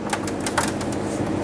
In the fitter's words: Just slide them on until they click.